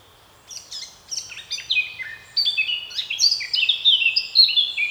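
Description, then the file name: Eurasian blackcap song: scratchy twittering opening rising into a long, loud flourish of clear fluty whistles, varied in pitch. "Sylvia atricapilla"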